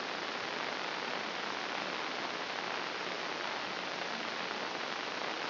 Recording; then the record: brain microelectrode recording played as sound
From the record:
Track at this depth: outside the subthalamic nucleus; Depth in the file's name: 0.743 mm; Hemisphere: left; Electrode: 3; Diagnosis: Parkinson's disease